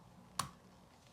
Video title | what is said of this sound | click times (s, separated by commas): New E~file @MelodySusieOfficial SM330G unboxing and Demo 😍 | a little side connection, so that just pops | 0.4 s